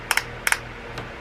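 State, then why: Seated. The plastic lock/unlock collar on a body spray bottle nozzle is twisted back and forth, giving sharp plastic clicks in pairs at 0.1 s and 0.2 s, then again at 0.5 s and 0.5 s, followed by a softer tick near 1.0 s. The collar clicks into place each time, doing its job, with a low steady hum underneath.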